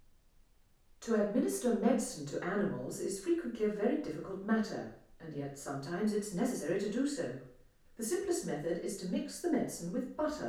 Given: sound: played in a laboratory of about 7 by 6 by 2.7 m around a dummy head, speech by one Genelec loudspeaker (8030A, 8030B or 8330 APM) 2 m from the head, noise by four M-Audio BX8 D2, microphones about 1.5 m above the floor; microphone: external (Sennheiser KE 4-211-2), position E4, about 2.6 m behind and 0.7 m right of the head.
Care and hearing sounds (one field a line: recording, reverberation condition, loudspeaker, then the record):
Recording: female speech in English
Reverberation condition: medium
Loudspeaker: 90 degrees to the left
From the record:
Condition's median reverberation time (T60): about 510 ms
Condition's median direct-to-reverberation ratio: about -0.5 dB